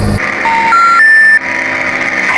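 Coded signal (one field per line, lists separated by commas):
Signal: telephone call progress tone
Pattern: special information tone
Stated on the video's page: Simulated EAS scenario, a War of the Worlds Halloween special set in Oklahoma in 2005.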